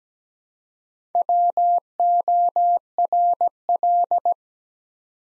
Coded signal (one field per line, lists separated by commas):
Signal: Morse code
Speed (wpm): 17 wpm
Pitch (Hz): 700 Hz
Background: none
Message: WORL